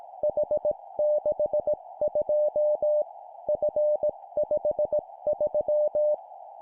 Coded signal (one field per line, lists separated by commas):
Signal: Morse code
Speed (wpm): 18 wpm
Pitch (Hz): 600 Hz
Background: none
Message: H62 F53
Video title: 17wpm Three letter words letter,number,number, cw morse code